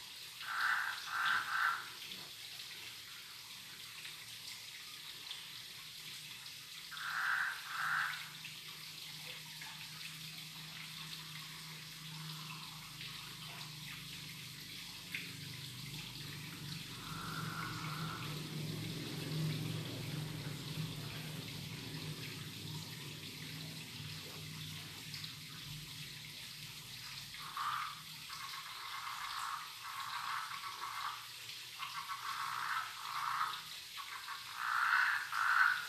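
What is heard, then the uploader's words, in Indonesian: A steady night trickle of river water runs throughout, with short repeated frog croaks near the start and in bursts toward the end. Suara kodok sungai dan germicik airnya di tengah malam.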